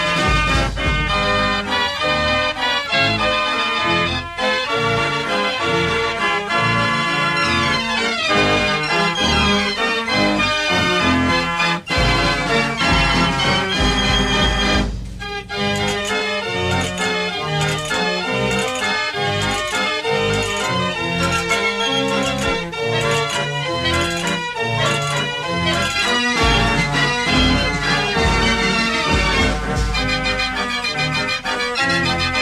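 A fair organ plays a lively, tightly packed tune, with bright piped melody lines over a thumping bass and steady beat. Loudness stays even and full throughout, with brief dips near 12 and 15 seconds before the music carries on.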